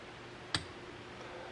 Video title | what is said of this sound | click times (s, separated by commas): Shopbot Vlog First Cut | insert this thing until it clicks | 0.5 s